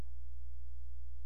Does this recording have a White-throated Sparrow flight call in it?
no